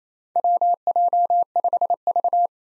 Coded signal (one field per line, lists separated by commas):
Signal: Morse code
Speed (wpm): 28 wpm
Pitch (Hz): 700 Hz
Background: none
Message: WJ5V